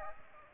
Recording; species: mosquito wingbeat signal from an infrared sensor; Aedes aegypti